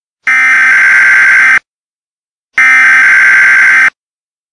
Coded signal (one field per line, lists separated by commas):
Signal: Emergency Alert System (SAME) tones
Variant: header bursts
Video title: EAS with my own voice (low signal version)